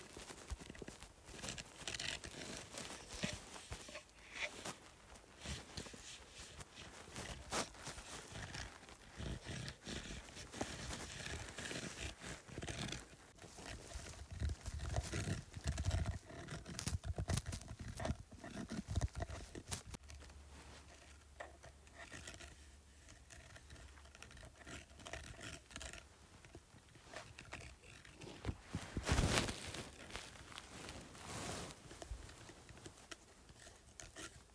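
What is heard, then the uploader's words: Scratching over a bumpy surface gives a dense, uneven run of rough scrapes and clicks, with a steady low hum midway and a sharp burst near thirty seconds. Scratching Bumpy Surface.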